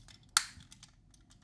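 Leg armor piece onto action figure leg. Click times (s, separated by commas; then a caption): 0.4 s. A grooved plastic leg armor piece is slid onto the side of the leg of an Arcadia 1/60 scale Macross VF-1S figure. A single sharp, bright click at 0.4 s, followed by a faint tick near 0.7 s, shows the piece has seated on the leg.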